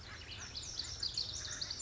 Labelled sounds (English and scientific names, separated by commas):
Lazuli Bunting (Passerina amoena)